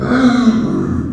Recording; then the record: squeal of a Yucatan mini pig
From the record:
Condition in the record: after surgery on the right vocal fold (resection and tissue-engineered implant); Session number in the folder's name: 7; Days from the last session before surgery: 47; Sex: female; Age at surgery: 19 weeks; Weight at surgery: 25 kg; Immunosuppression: prednisolone